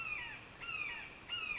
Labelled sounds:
Red-shouldered Hawk
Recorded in Sonoma County, California

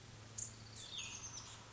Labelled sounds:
Cassin's Vireo
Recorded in Sonoma County, California

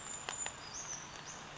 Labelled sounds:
Brown Creeper
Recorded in Sonoma County, California

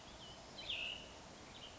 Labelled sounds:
Cassin's Vireo
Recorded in Sonoma County, California

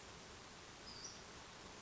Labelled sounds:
Western Flycatcher
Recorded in Sonoma County, California

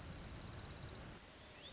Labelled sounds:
Orange-crowned Warbler
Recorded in Sonoma County, California

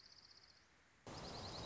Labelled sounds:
Dark-eyed Junco
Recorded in Sonoma County, California

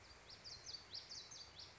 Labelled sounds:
Common Yellowthroat
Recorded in Sonoma County, California

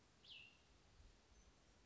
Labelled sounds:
Cassin's Vireo
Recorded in Sonoma County, California

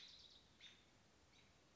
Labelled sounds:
American Robin
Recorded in Sonoma County, California

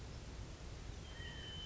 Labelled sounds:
California Quail
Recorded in Sonoma County, California

